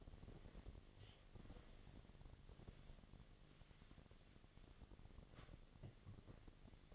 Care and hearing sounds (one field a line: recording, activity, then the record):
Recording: daily activity, microphone in the room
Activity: wipe stove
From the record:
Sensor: 4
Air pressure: 1007.8 hPa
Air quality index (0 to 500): 196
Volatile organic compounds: 7 ppm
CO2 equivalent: 1960 ppm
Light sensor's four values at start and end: 22/71/27/26 and 22/71/27/26